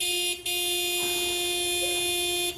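A car horn, pressed by a dog from Zeeland left waiting for her owner in the car, blares in one long, steady, buzzy tone that lasts nearly three seconds, with a brief stutter near the start and another near the end.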